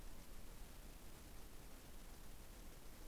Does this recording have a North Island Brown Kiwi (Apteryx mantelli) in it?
no